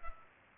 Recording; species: mosquito wingbeat signal from an infrared sensor; Culex pipiens